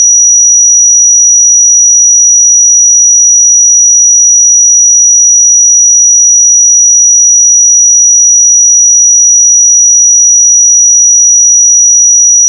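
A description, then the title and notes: A pure sine tone at 5822 Hz holds perfectly steady for the whole clip, a single thin, piercingly high whistle with no wavering in pitch or loudness. Nothing else sounds around it, and it cuts off abruptly at the very end. 5822 Hz 1 Hz Interval Sine Pure Tone Frequency 441000 Sample Mono.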